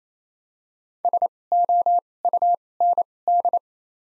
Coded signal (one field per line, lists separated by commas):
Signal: Morse code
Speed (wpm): 28 wpm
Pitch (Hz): 700 Hz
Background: none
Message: S O U N D